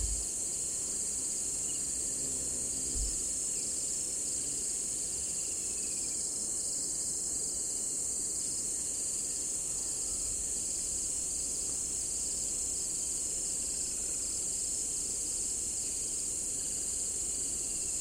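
Insects shrill steadily beside a dry stretch of the Limpopo River at the start of the rainy season. Several high, unbroken cricket-like tones hold level throughout, with a low rumble underneath and a brief thump near three seconds.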